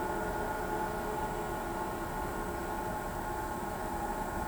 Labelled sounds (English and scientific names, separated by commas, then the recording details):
none
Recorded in pastures near Pivijay, Magdalena, Colombia, on 14 April 2023 at 09:00
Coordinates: 10.456, -74.369
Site P6-G026